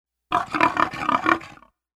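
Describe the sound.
Pig giving one harsh, pulsing squeal of about one and a half seconds, rough and throaty with wavering pitch, then fading out.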